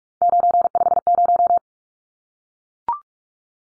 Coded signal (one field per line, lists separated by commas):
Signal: Morse code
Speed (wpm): 44 wpm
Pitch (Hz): 700 Hz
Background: none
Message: 950